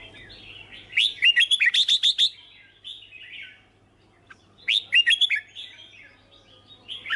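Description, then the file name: Red-whiskered bulbul delivers a fast, evenly spaced string of bright notes, pauses with quieter warbling, then repeats a shorter burst. "Tieng chao mao hot che"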